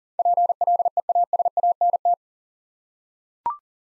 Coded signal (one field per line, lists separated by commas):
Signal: Morse code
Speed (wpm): 40 wpm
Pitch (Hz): 700 Hz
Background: none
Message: PLEASANT